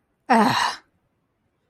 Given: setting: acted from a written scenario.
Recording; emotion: vocal sound without words; contempt